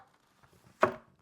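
A small bottom piece of a Delta Children Infant Changing Table frame is pushed into its slot, with a faint tap around 0.4 s. A sharp, knock-like click sounds at 0.8 s as the bottom part of the changing table frame clicks into place, confirmed as seated.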